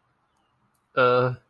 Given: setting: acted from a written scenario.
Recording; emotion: vocal sound without words; embarrassment